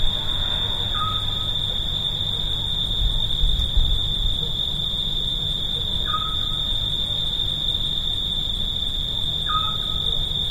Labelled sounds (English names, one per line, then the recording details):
Eurasian Scops Owl song
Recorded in the wild
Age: adult
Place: Vasilikos, Zakynthos, Ionien Islands, GR
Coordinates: 37.7175, 20.9817
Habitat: olive grove
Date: 2012-07-02
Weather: 25°C, clear, almost windless
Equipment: Sound Devices 702, Sennheiser MKH 415 T, Rhode Windschutz
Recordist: Frommolt, Karl-Heinz